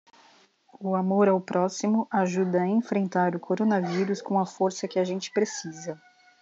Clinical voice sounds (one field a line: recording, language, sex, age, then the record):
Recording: spoken sentence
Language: Brazilian Portuguese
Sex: female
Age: 30 to 39 years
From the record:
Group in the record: control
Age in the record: 37 years